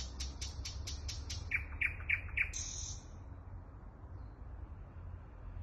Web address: luscinia luscinia canto del ruisenor en kaluga